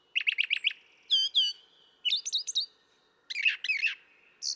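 Brown thrasher song opening with a rapid chatter, then paired high whistled notes and further varied phrases.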